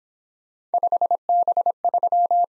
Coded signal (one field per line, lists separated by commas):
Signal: Morse code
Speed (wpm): 26 wpm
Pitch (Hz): 700 Hz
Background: none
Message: 5B3